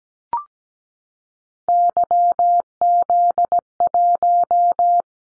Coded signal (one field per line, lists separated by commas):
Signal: Morse code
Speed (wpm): 17 wpm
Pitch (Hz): 700 Hz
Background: none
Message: YZ1